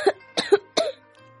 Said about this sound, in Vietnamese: Lời còn chưa nói, hắn đã khom lưng ho khan.